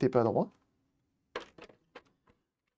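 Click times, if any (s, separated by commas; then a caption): 1.4 s. Someone talks, then an internal cable connector is plugged into a board socket of an Xbox 360 console during a teardown. A sharp click is heard at 1.4 s, followed by a few softer taps. The connector is plugged in but badly clipped, so the latch did not fully catch.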